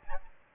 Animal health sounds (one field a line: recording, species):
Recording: mosquito wingbeat signal from an infrared sensor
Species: Aedes albopictus